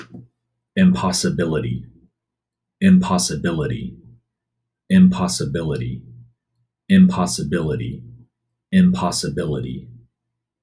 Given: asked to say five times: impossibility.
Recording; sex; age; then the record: repeated word; male; 30 to 39 years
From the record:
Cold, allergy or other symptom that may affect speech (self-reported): no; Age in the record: 33 years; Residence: Missouri, United States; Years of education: 16